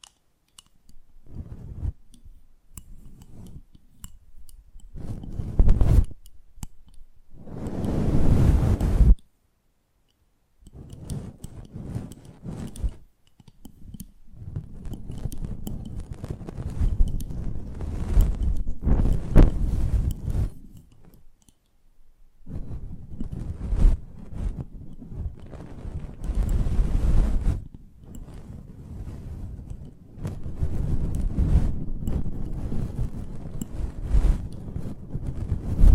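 Close-up ASMR mic handling: muffled rubbing and scratching in uneven bursts with low thumps, a louder brushing swell near eight seconds, then brief silences.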